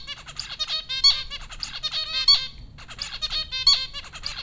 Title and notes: Dronecast No. 030: The Popcorn Finches Four from Apr 15, 2009. Zebra finches recorded by Dan Bodah at Popcorn School, Flatbush, Brooklyn NY in April 2009